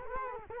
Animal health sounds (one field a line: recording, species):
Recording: mosquito wingbeat signal from an infrared sensor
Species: Culex quinquefasciatus